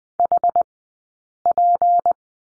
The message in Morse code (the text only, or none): HP